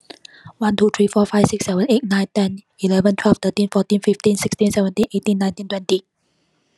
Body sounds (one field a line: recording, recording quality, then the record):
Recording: counting at a fast pace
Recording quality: excellent, no background noise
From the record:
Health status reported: healthy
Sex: female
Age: 32 years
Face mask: not worn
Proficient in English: yes